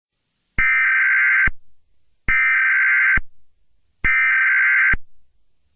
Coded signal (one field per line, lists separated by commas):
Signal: Emergency Alert System (SAME) tones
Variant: header bursts